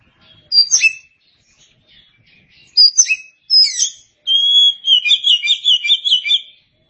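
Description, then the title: Oriental magpie-robin song: short sweeping whistled notes in separate bursts, ending in a longer run of rapid, fluttering warbled notes. "Suara Kicauan Burung Kacer"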